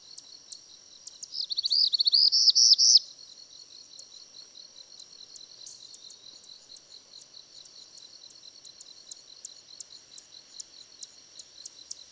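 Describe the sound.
Bird sings one high phrase of quick, arching slurred notes lasting about two seconds, amid a continuous high-pitched hiss with regular faint ticking throughout.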